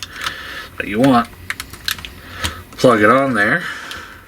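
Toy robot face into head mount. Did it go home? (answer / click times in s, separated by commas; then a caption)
no / none. A swappable plastic face on a transforming toy robot is handled and pressed toward its magnetic mount on the head while someone talks. Short, sharp plastic taps and clicks are heard around 1.5 to 2.1 seconds between the speech. Nothing has seated or clicked into place yet.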